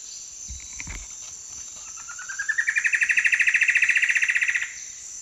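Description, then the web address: Plumbeous antbird song: a fast string of whistled notes, rising then level for about three seconds, preceded by a few soft low thumps; constant shrill insect buzz throughout. Song; eastern lowlands of South America. "Natures Songs S America Eastern Lowlands Myrmeciza hyperythra, song"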